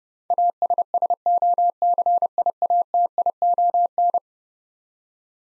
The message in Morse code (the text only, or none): ASSOCIATION